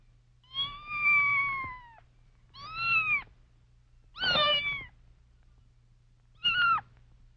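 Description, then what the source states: Cat: kitten giving four plaintive meows, the first long and sliding downward, the later ones shorter and sharper, over a steady low hum. Kitten crying.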